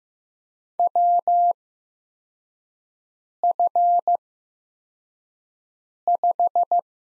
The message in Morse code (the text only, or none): WF5